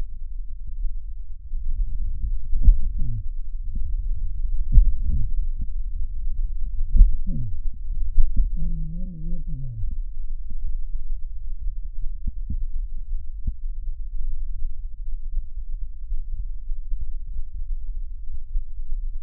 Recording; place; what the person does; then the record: lung sounds by stethoscope; left anterior apical chest; quiet breathing, then cough and speech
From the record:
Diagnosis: COPD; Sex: male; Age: 77 years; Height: 172 cm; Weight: 85.2 kg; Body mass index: 28.8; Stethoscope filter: bell mode